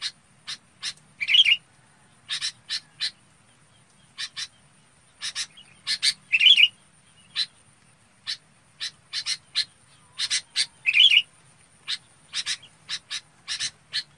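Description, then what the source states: Red-whiskered bulbul sounding scratchy chirps in clustered bursts, with occasional sweeter whistled notes standing out, and a thin high tone underneath. Chào mào bông calling to gather the flock.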